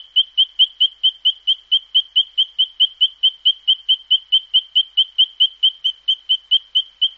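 Spinebill calling with a rapid, steady run of sharp piping notes, evenly spaced and level in pitch throughout.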